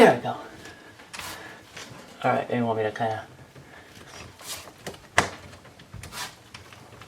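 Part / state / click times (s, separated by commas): circuit breaker into electrical panel / seated / 5.2 s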